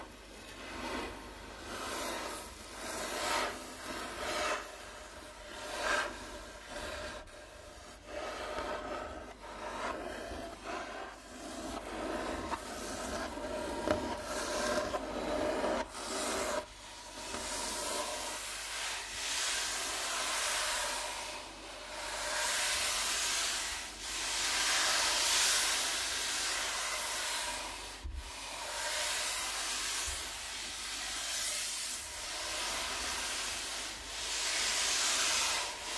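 Rubbing and scratching on a wooden table, a continuous hissing scrape that swells in strokes, growing brighter and denser after about fifteen seconds.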